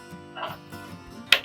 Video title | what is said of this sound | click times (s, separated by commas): Old laptop forced me to build a new PC | push it to clicks | 1.3 s